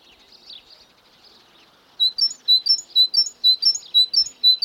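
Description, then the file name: Great tit song: faint, thin chirps at first, then after two seconds a loud run of sharp two-note phrases, high then lower, repeated about twice a second. "Parus major"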